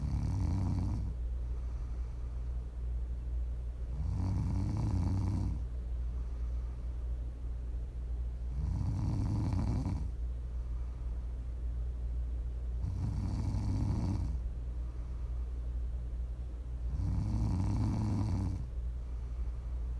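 Five low, rumbling snores come at a steady pace of about one every four seconds, roughly 14 per minute, over a constant low background hum. This is ordinary rhythmic snoring from a sleeping adult, offered as ASMR snoring to listen to for sleep, relaxation or winding down.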